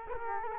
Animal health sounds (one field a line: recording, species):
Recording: mosquito wingbeat signal from an infrared sensor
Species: Culex quinquefasciatus